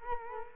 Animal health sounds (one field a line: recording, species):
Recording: mosquito wingbeat signal from an infrared sensor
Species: Culex quinquefasciatus